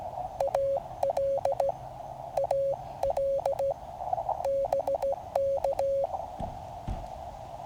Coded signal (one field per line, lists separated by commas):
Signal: Morse code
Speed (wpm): 16 wpm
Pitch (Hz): 550 Hz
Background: radio noise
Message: AL AL BK